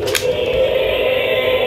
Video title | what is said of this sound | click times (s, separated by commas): GIANT Godzilla and King Kong Collection! Godzilla vs Kong, Skull Island, Rampage Monsters | when you lift them up like this, it locks into place, and then you move the tail upwards, | 0.2 s